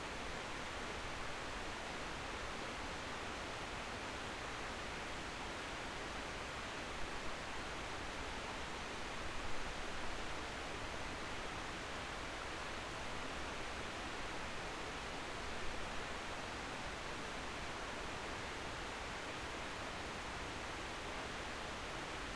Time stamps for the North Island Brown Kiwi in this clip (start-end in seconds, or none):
none